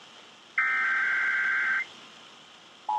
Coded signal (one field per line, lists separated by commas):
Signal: Emergency Alert System (SAME) tones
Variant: header bursts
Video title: Indian Point EAS Test (5/31/17)